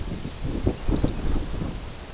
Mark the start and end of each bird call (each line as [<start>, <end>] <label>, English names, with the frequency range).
[0.70, 1.84] Lapland Longspur (2.6-7.1 kHz)